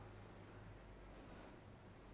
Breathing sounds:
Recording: one breath in and out by a microphone near the nose and mouth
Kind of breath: normal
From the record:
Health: marked as sick, illness not named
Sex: female

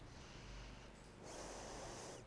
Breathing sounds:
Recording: one breath in and out by a microphone near the nose and mouth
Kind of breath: deep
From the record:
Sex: female

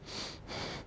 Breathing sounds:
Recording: one breath in and out by a microphone near the nose and mouth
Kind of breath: strong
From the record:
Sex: male

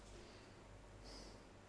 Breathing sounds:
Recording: one breath in and out by a microphone near the nose and mouth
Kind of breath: normal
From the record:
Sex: male

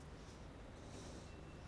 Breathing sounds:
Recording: one breath in and out by a microphone near the nose and mouth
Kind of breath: normal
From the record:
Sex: male

